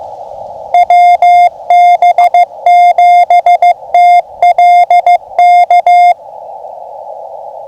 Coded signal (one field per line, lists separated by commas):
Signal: Morse code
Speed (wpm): 14 wpm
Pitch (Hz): 2100 Hz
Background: radio noise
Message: WB7TLK